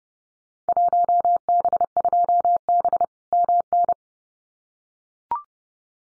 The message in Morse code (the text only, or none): 1B2B MN